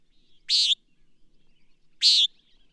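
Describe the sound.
Bird song: two short, bright, buzzy chirps about one and a half seconds apart, high-pitched and otherwise quiet.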